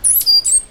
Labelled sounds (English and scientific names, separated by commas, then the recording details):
Stitchbird (Notiomystis cincta) song
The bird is a male
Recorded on Tiritiri Matangi Island, New Zealand, in 2005
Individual 8, of nest box 10